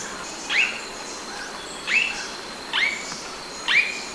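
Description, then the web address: Blue-rumped manakin calls: short sharp notes rising then flattening, four given at roughly one-second intervals, over a steady high insect hum. Recorded in Ecuador. "Birds of Ecuador. Blue-rumped Manakin"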